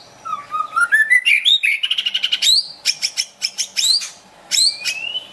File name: suara burung murai batu hutan medan gacor